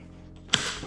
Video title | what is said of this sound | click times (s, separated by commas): Apollo Pro Electric Scooter Unboxing | it clicks like that okay so | 0.5 s